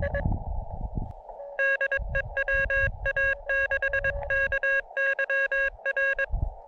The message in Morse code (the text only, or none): DE WA6KYR